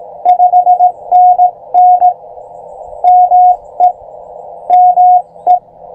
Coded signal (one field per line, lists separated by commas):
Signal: Morse code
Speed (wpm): 18 wpm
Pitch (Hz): 720 Hz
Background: none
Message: 5NN ME ME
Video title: POTA Parks on the Air Activation CW Morse Code Practice US 1940 Caesar Creek State Park Ham Radio